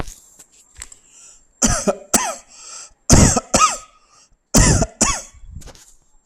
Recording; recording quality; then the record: heavy voluntary cough; excellent, no background noise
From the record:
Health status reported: healthy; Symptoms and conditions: diabetes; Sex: male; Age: 51 years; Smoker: yes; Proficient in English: yes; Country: India